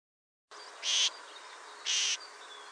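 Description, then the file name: Great grey shrike calling twice, each call a short, loud, grating screech about a second apart over a steady background hiss. "Averla maggiore"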